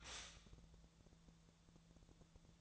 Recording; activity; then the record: daily activity, microphone in the room; stop toaster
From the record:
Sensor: 3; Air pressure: 1000.2 hPa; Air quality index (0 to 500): 153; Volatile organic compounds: 3 ppm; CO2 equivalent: 1348 ppm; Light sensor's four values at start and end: 38/97/41/44 and 38/97/41/44